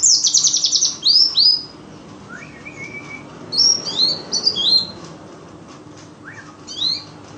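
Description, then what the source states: White-eye song: a fast, high twitter at the start, then scattered short slurred chirps and a faint whistle separated by pauses. Wild ('ngalas') white-eye song used as filler material for training songbirds (masteran).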